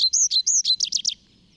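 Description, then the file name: Tree pipit song, a loud run of repeated high sweeping notes, slurred at first then quickening into shorter falling notes, ending abruptly. Recorded in the Bavarian Forest, Germany, on 25 April 2015. "Baumpieper. Bayerischer Wald REG. Susanne Rieck"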